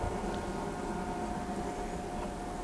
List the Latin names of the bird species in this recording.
none